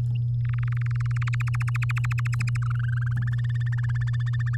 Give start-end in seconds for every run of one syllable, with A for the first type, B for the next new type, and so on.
0.45-1.35 A, 1.40-2.57 B, 2.62-3.29 C, 3.32-4.56 D